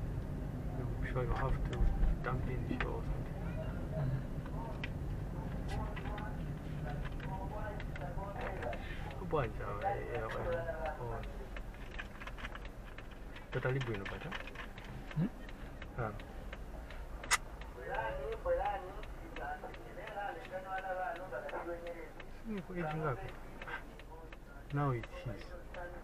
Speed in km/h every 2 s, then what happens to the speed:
18, 17, 17, 14, 8, 4, 2, 2, 4, 3, 0, 0, 0.
0-5 steady at about 17. 5-12 slows to 2. 12-14 standing. 14-19 steady at about 3. 19-26 standing.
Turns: none.